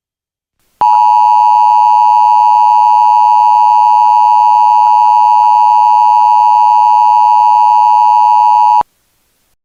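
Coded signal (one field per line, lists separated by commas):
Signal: Emergency Alert System (SAME) tones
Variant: 853 and 960 Hz attention tone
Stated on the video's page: EAS alert aired during a cartoon broadcast.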